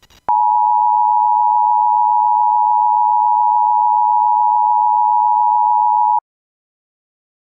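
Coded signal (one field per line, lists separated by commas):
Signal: Emergency Alert System (SAME) tones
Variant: 853 and 960 Hz attention tone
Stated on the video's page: Fictional scenario based on the game Grand Theft Auto San Andreas; contains valid EAS tones.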